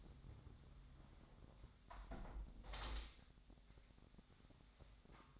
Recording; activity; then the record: daily activity, microphone in the room; close window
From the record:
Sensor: 3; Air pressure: 1006.5 hPa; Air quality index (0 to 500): 202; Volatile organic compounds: 17 ppm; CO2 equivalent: 2576 ppm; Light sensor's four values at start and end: 10/24/10/10 and 10/24/10/10